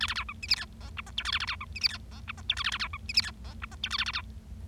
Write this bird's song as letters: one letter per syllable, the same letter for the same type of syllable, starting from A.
A A B C D E F G H I J K A A B C D E F G H I J K A A B C D E F G H I J K A A B